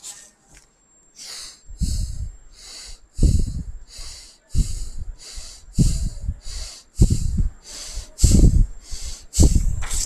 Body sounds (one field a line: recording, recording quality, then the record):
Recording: shallow breathing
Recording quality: excellent, no background noise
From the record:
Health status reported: healthy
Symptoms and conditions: diabetes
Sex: male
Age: 51 years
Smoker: yes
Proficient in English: yes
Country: India